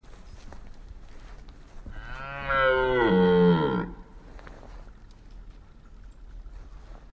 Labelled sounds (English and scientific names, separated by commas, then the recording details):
Red Deer (Cervus elaphus) rut call
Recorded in captivity
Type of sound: rut call
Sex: male
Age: adult
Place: Schmalkalden, Thüringer Wald, Thüringen, DE
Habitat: enclosure
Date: 2010-10-20 17:57
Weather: fair, 5 °C, no wind
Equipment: Sound Devices 702, Sennheiser MKH 70, Rycote Windschutz
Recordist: Frommolt, Karl-Heinz
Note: Hirschgehege im Ehrental bei Schmalkalden: Brunftruf eines Hirsches (Alex). Entfernung ca. 50 m